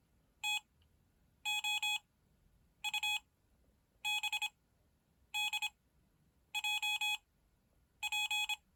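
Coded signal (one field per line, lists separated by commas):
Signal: Morse code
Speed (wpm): 26 wpm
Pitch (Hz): 2500 Hz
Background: none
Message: T O U B D J P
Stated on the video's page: Morse practice groups generated by a modified Datong D70 Morse tutor, altered to give random word lengths instead of the default five-character groups.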